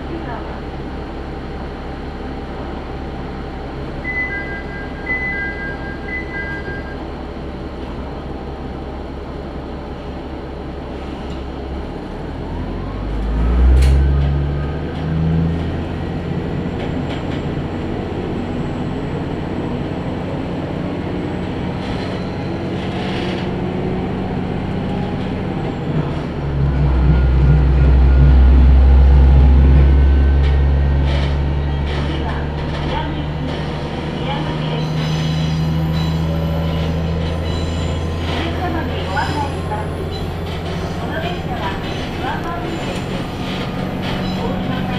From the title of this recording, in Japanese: 天竜浜名湖鉄道 金指→天竜二俣